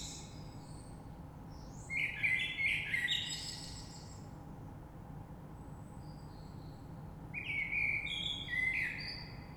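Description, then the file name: Common blackbird singing two separate phrases several seconds apart, each a low, rich warble followed by a high, scratchy twitter, with quiet hiss in between. Recorded 3 March 2020. "Rush Merle"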